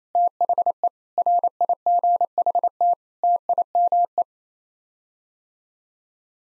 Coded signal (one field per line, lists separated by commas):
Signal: Morse code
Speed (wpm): 27 wpm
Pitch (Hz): 700 Hz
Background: none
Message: THE RIGHT TIME